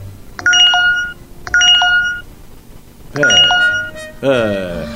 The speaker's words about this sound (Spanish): ¡Qué manera de sonarle el teléfono, che! Están entrando todos los mensajes juntos porque no tengo saldo y tampoco tenía wifi.